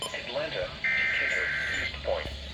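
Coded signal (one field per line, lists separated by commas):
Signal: Emergency Alert System (SAME) tones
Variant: header bursts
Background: speech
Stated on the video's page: Tornado warning received on both FM radio and NOAA weather radio.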